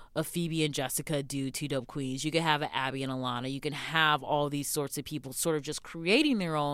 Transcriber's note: none